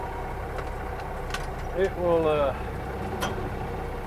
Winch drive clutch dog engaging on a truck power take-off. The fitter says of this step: there it went, heard it click.